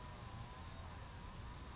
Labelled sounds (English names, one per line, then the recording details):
California Towhee
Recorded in Sonoma County, California